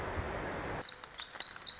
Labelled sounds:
Pacific Wren
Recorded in Sonoma County, California

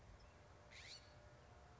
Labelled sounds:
California Scrub-Jay
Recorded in Sonoma County, California

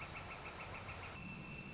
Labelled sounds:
Northern Flicker
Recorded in Sonoma County, California

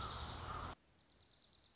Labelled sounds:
Dark-eyed Junco
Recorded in Sonoma County, California

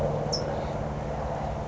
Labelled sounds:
California Towhee
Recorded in Sonoma County, California

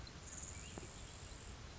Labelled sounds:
Grasshopper Sparrow
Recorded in Sonoma County, California

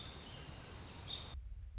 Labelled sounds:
American Robin
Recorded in Sonoma County, California

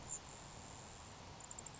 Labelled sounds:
Grasshopper Sparrow
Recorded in Sonoma County, California

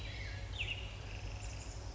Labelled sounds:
Western Tanager
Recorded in Sonoma County, California

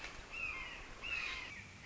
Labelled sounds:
Red-shouldered Hawk
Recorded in Sonoma County, California

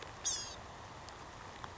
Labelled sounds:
Blue-gray Gnatcatcher
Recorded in Sonoma County, California

